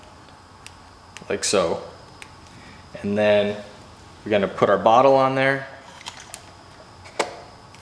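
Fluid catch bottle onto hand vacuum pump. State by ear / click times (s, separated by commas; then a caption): seated / 7.2 s. A plastic fluid catch bottle is pushed onto a hand vacuum pump for brake bleeding while someone talks. Several small taps and knocks are heard, and the bottle locks into place with a sharp click at 7.2 seconds.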